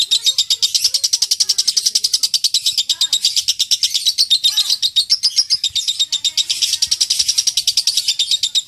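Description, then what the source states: Lovebird giving a continuous, rapid, high-pitched chatter, dense and rhythmic, pulsing evenly for the whole stretch. Ngekek style song, a long chattering lovebird song used as a lure or training song for other birds.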